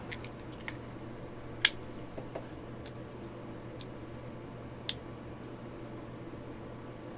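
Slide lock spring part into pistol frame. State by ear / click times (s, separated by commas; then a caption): seated / 1.7 s. During reassembly of a Ruger SR9c pistol, the bottom spring-retained part, held by the slide lock spring, is pressed into the frame again after another attempt, and it clicks home with a sharp click at 1.7 s. A second, softer tick comes at 4.9 s, with faint small ticks over a steady low hum. The part is seated in the frame.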